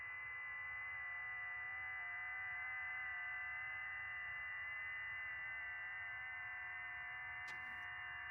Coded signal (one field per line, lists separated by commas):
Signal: FT8